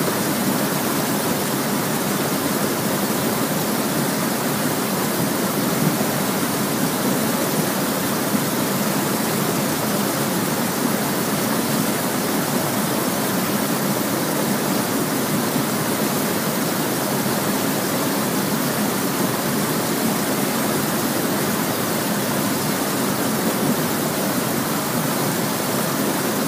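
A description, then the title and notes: A waterfall roars without pause, a dense, even rush of crashing water that never rises or falls over the whole stretch. The sound is full, spread from a low rumble up to a bright hiss, with fine churning texture throughout. This waterfall is 3 hours of rolling crashing waterfall sounds. Relaxing waterfall sounds.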